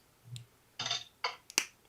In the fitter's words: oh that's a satisfying pop